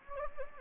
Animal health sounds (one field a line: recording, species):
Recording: mosquito wingbeat signal from an infrared sensor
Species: Anopheles gambiae